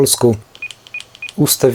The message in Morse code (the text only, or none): none